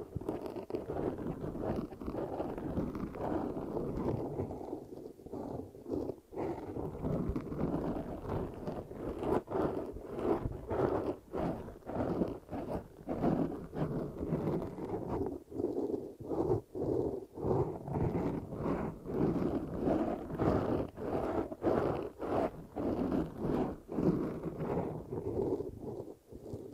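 An eardrum massage sound: a dense, muffled rubbing that stays low and warm throughout. Quick soft taps and crackles break in many times a second at an uneven pace, some brighter than others, with no pause across the whole stretch.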